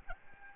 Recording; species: mosquito wingbeat signal from an infrared sensor; Aedes albopictus